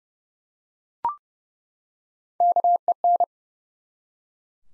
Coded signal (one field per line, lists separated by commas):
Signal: Morse code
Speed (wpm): 30 wpm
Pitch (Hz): 700 Hz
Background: none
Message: KEN